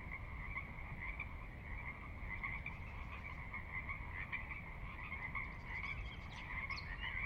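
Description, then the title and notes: Pacific Chorus Frog chorus, many frogs croaking together in an unbroken pulsing wall of sound over a constant low rush of water. Chorus at midnight, valley floor of Sinlahekin Valley, Sinlahekin Wildlife Area, Washington, near Cascades' northeastern slope; distant water spillage in background; unprocessed raw recording. "Sinlahekin Valley midnight. the ever-present Pacific Chorus Frogs that are a fixture of the Northwest Soundscape. Sinlahekin Valley is the heart of the Sinlahekin Wildlife Area"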